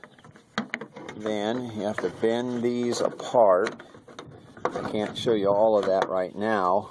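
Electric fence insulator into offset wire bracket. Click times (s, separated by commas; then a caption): 0.6 s, 0.7 s. A plastic electric fence insulator is pushed into an offset wire bracket and clicks into place, with sharp clicks at 0.6 s and 0.7 s. Afterward, someone talks. The insulator is seated in the bracket.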